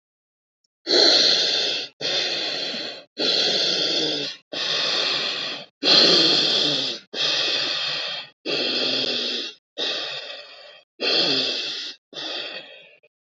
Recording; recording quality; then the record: deep breathing; excellent, no background noise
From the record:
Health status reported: healthy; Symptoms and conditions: none ticked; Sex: male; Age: 36 years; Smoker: not ticked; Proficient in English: yes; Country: India